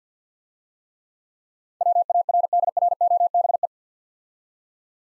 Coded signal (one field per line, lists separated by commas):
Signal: Morse code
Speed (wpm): 52 wpm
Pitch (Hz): 700 Hz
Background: none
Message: WARDROBE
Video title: Easy Words - Speed-Racing with Hints - 50wpm